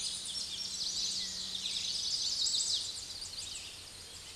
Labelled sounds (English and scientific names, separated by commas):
Chestnut-sided Warbler (Setophaga pensylvanica) song